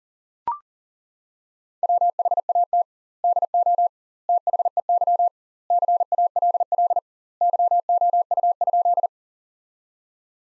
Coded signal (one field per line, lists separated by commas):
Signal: Morse code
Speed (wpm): 37 wpm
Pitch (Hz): 700 Hz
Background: none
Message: WHAT DO THEY CALL YOU?